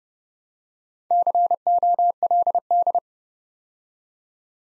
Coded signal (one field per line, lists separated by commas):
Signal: Morse code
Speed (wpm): 30 wpm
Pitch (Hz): 700 Hz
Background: none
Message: COLD